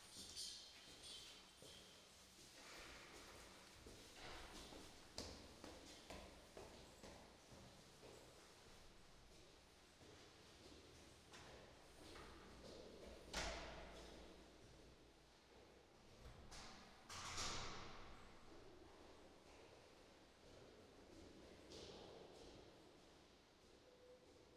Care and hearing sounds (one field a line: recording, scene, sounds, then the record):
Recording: everyday scene through a hearing-aid microphone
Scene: reverberant space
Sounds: background noise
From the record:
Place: staircase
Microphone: in the ear canal, right